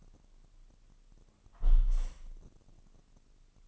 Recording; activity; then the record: daily activity, microphone in the room; close window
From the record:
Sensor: 4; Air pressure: 1005.6 hPa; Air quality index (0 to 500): 93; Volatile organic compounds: 2 ppm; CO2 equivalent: 1144 ppm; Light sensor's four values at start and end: 13/29/11/11 and 12/29/11/11